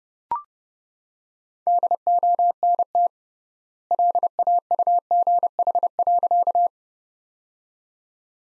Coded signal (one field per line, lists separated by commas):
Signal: Morse code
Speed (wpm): 30 wpm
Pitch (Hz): 700 Hz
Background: none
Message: DONT LAUGH.